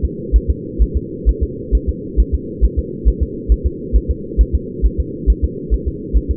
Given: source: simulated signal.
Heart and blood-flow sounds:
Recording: fetal heart sounds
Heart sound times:
0.05 s: S2
0.36 s: S1
0.50 s: S2
0.82 s: S1
0.97 s: S2
1.29 s: S1
1.43 s: S2
1.75 s: S1
1.89 s: S2
2.20 s: S1
2.35 s: S2
2.64 s: S1
2.79 s: S2
3.08 s: S1
3.23 s: S2
3.52 s: S1
3.66 s: S2
3.96 s: S1
4.11 s: S2
4.41 s: S1
4.55 s: S2
4.86 s: S1
5.00 s: S2
5.30 s: S1
5.44 s: S2
5.74 s: S1
5.88 s: S2
6.17 s: S1
6.31 s: S2
From the record:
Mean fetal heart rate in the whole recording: 135 bpm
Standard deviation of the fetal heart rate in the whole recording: 3 bpm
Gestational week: 34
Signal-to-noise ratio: -4.1 dB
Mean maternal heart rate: no maternal heart sound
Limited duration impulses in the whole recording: absent

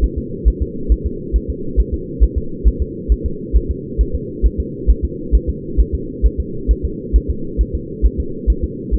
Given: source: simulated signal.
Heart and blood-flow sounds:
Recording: fetal heart sounds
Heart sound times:
0.04 s: S1
0.18 s: S2
0.48 s: S1
0.62 s: S2
0.92 s: S1
1.06 s: S2
1.36 s: S1
1.50 s: S2
1.80 s: S1
1.94 s: S2
2.23 s: S1
2.38 s: S2
2.68 s: S1
2.82 s: S2
3.12 s: S1
3.26 s: S2
3.56 s: S1
3.71 s: S2
4.01 s: S1
4.15 s: S2
4.46 s: S1
4.60 s: S2
4.90 s: S1
5.05 s: S2
5.35 s: S1
5.49 s: S2
5.80 s: S1
5.95 s: S2
6.26 s: S1
6.40 s: S2
6.71 s: S1
6.85 s: S2
7.16 s: S1
7.30 s: S2
7.61 s: S1
7.75 s: S2
8.05 s: S1
8.20 s: S2
8.50 s: S1
8.64 s: S2
8.94 s: S1
From the record:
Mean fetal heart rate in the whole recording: 135 bpm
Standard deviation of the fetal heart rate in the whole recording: 3 bpm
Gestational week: 34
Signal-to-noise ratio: -4.3 dB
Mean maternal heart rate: 72 bpm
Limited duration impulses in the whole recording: absent

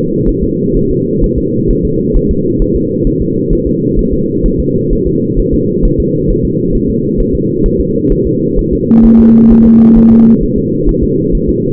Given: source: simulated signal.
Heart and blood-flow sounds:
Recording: fetal heart sounds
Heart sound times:
0.29 s: S1
0.44 s: S2
0.77 s: S1
0.91 s: S2
1.24 s: S1
1.38 s: S2
1.71 s: S1
1.85 s: S2
2.17 s: S1
2.31 s: S2
2.62 s: S1
2.76 s: S2
3.07 s: S1
3.22 s: S2
3.53 s: S1
3.67 s: S2
3.99 s: S1
4.13 s: S2
4.46 s: S1
4.60 s: S2
4.93 s: S1
5.07 s: S2
5.40 s: S1
5.54 s: S2
5.85 s: S1
6.00 s: S2
6.30 s: S1
6.45 s: S2
6.75 s: S1
6.90 s: S2
7.20 s: S1
7.35 s: S2
7.66 s: S1
7.80 s: S2
8.12 s: S1
8.27 s: S2
8.59 s: S1
8.73 s: S2
9.05 s: S1
9.20 s: S2
9.52 s: S1
9.66 s: S2
9.98 s: S1
10.12 s: S2
10.43 s: S1
10.58 s: S2
10.89 s: S1
11.04 s: S2
11.35 s: S1
11.49 s: S2
From the record:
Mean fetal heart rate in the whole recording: 130 bpm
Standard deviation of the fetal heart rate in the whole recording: 4 bpm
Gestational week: 38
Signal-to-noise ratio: -11.2 dB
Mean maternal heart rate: 72 bpm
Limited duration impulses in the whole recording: present

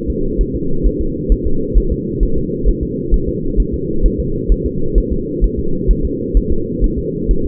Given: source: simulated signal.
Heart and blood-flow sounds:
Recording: fetal heart sounds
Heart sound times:
0.10 s: S2
0.41 s: S1
0.55 s: S2
0.87 s: S1
1.01 s: S2
1.32 s: S1
1.47 s: S2
1.78 s: S1
1.92 s: S2
2.23 s: S1
2.38 s: S2
2.69 s: S1
2.83 s: S2
3.14 s: S1
3.29 s: S2
3.60 s: S1
3.74 s: S2
4.06 s: S1
4.20 s: S2
4.52 s: S1
4.66 s: S2
4.98 s: S1
5.12 s: S2
5.44 s: S1
5.59 s: S2
5.91 s: S1
6.05 s: S2
6.37 s: S1
6.52 s: S2
6.84 s: S1
6.98 s: S2
7.31 s: S1
7.46 s: S2
From the record:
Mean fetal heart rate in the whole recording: 130 bpm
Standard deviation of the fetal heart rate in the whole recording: 2 bpm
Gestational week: 36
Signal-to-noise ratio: -8.1 dB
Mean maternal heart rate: 72 bpm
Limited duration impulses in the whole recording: absent

